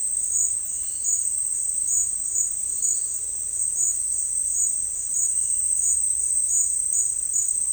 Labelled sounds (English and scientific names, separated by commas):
none